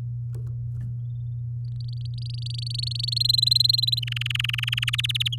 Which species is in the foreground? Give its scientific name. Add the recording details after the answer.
Serinus canaria. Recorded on 7 May 2018 at 14:56. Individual llb16